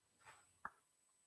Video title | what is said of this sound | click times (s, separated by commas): Basic Lawn Mower Maintenance Workshop | you should feel it click inside because inside there's a there's a metal Loop right | 0.7 s